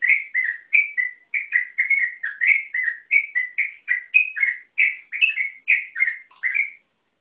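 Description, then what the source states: Yellow-vented bulbul in continuous song, a rolling chain of short bubbly whistles that dip and rise, steady throughout. Song style called ropel panjang, a long rapid-fire song run.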